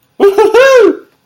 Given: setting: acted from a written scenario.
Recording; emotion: vocal sound without words; triumph